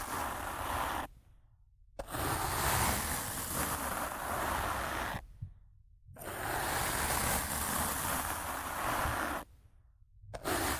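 Rough scratching and brushing against a microphone, a dense, noisy rasp that stops abruptly three times, near 1, 5 and 9.5 seconds.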